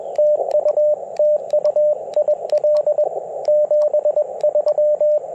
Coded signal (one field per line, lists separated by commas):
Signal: Morse code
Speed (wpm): 20 wpm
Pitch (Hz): 600 Hz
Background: radio noise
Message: TU TU IL 73